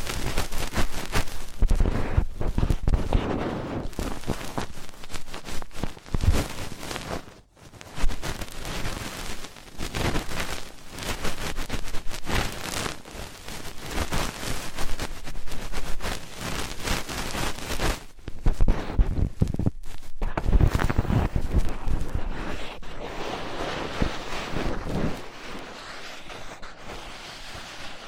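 Fast, intense ear cleaning: dense, scratchy rubbing and rustling that hardly lets up, full of quick strokes. Brief gaps break it near 7 and 20 seconds, and after about 22 seconds the scraping turns softer and duller, with less hiss up top.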